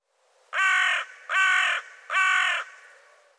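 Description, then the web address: Bird giving three harsh, raspy caws in quick succession, each about half a second long, with short gaps between. "cianscape birddata Deverinetal 2025"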